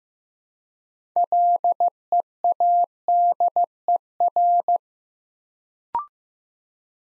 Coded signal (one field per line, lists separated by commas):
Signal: Morse code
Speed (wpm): 15 wpm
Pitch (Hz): 700 Hz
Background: none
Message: LEADER